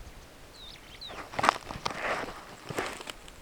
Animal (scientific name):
Lamprotornis superbus